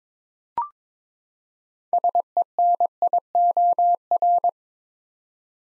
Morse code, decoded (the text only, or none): SENIOR